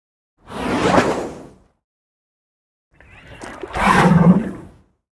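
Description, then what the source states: African elephant breathing in twice, each a wet, airy rush with a low rumbling undertone, the second longer and rougher, separated by silence. Wet, short inhale.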